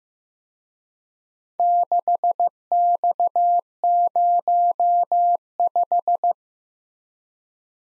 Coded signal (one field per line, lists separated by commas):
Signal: Morse code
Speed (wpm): 16 wpm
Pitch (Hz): 700 Hz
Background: none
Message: 6X05